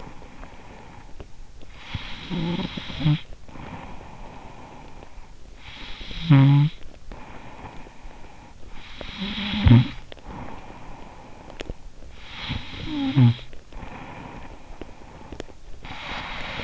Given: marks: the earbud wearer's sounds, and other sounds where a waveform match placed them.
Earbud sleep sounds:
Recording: sounds in sleep by an in-ear microphone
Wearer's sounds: snoring breath, breath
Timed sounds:
0.00-15.75 s: snoring breath
15.75-16.64 s: breath

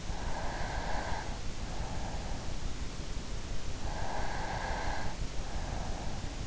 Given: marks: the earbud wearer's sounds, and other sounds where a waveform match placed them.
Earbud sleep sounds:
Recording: sounds in sleep by an in-ear microphone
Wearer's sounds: breath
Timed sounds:
0.15-1.52 s: breath
3.86-6.38 s: breath

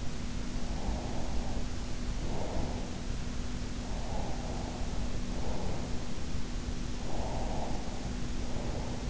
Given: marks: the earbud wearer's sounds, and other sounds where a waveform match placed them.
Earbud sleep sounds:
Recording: sounds in sleep by an in-ear microphone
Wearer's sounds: breath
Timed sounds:
0.64-2.85 s: breath
4.02-5.88 s: breath
7.02-9.10 s: breath

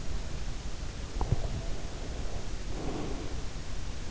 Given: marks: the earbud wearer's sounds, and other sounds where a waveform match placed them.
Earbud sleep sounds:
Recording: sounds in sleep by an in-ear microphone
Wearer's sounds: teeth grinding, breath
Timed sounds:
1.11-1.64 s: teeth grinding
1.42-3.67 s: breath

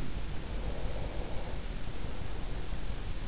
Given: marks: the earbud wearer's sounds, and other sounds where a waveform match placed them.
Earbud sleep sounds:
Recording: sounds in sleep by an in-ear microphone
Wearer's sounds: breath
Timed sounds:
0.37-3.09 s: breath

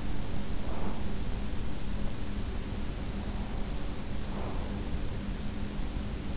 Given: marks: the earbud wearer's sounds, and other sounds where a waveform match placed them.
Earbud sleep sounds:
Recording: sounds in sleep by an in-ear microphone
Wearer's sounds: breath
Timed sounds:
0.44-1.50 s: breath
3.12-5.09 s: breath

